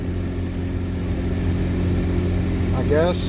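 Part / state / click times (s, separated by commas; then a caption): plastic cabin air filter cover into its housing behind the glove box / not seated / none. On a 2016 Mazda 3, the plastic cabin air filter access cover is pressed shut into its housing behind the glove box after the cabin air filter has been slid in. A steady low hum runs throughout, and someone talks briefly near the end. Nothing has clicked or seated yet, and the cover is left as is.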